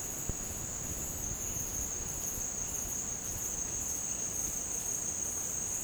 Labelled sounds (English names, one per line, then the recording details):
none
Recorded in secondary vegetation near Puerto Asís, Putumayo, Colombia, on 25 June 2025 at 13:00
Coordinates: 0.484, -76.319
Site G074